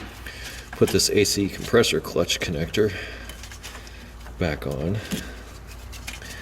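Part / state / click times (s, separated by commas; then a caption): AC compressor clutch connector into the compressor's electrical socket / not seated / none. A person handles the AC compressor clutch electrical connector on a 1999 Acura 2.3 CL/Accord, getting ready to push it back onto the compressor's plastic socket. Someone talks, and there are brief handling sounds near 0.3, 3.3 and 6.1 seconds. Nothing has seated or clicked yet.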